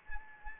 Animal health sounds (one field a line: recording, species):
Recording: mosquito wingbeat signal from an infrared sensor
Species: Anopheles arabiensis